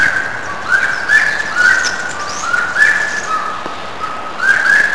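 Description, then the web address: Bird calling in short whistled phrases, each sliding up into a level tone and dropping lower, repeated several times at uneven intervals with faint higher notes. Recorded in Brazil in 2005; species not identified. "Brazil 2005 Birds sounds unknown"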